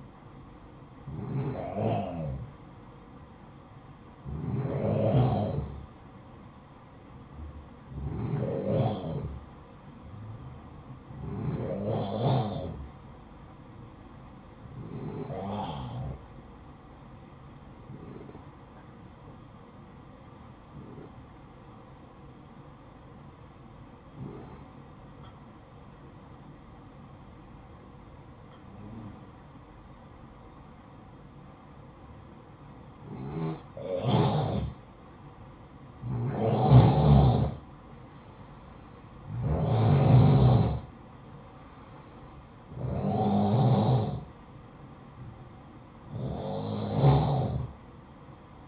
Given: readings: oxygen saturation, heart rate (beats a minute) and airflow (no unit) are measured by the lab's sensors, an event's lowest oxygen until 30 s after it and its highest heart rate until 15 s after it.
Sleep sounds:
breathing in sleep by a smartphone at the bedside; 1
19.00-38.30 s: hypopnea (N2, oxygen 94% highest, then 91% lowest, heart rate 59 at the start, 66 highest)
From the record:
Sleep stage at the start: N2 (light sleep); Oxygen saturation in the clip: 91 to 94%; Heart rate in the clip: 58 to 66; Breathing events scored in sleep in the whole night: 573 in 9.8 hours asleep

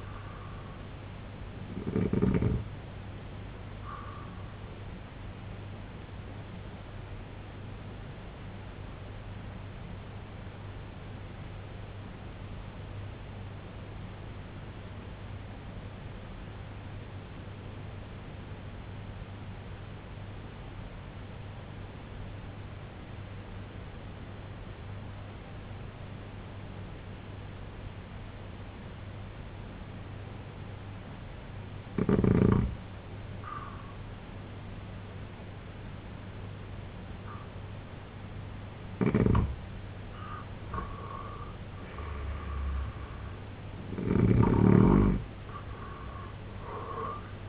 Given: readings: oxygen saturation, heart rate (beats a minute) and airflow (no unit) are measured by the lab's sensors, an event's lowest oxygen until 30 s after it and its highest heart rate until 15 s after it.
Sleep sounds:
breathing in sleep by a voice recorder at the bedside; 1
4.00-39.00 s: hypopnea (N1, oxygen 95% highest, then 85% lowest, heart rate 74 at the start, 92 highest)
27.00-47.49 s: new sleep stage, N2 (light sleep)
From the record:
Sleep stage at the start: N1 (lightest sleep); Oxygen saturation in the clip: 85 to 95%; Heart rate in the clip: 65 to 90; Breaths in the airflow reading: 5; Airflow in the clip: -7.0 to 7.4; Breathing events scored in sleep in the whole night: 258 in 7.4 hours asleep

